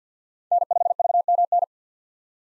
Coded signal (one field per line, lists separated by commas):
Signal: Morse code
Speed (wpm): 50 wpm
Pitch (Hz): 700 Hz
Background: none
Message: N5VMN